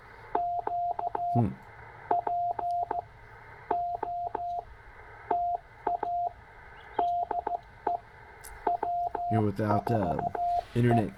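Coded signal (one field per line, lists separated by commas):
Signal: Morse code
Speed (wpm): 15 wpm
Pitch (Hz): 700 Hz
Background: speech, radio noise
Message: Q POTA DE W4E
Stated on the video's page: CW park activation at Stewart State Forest, Tennessee, keyed on a 1950s-60s Czech Army straight key with a Penntek TR45L; site has no RFI noise.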